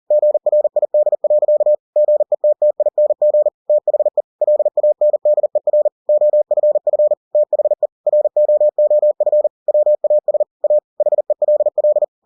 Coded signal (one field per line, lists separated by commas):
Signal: Morse code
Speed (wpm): 40 wpm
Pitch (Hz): 600 Hz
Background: none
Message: GRID. GETTING THE LANDER OFF THE ROOF WAS A HELL